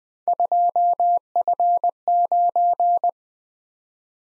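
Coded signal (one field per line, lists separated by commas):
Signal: Morse code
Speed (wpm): 20 wpm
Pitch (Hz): 700 Hz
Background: none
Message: 2F9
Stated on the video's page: Morse practice drill at 20 wpm of random three-character letter-number groups for head-copy, each sent, spoken, then sent again.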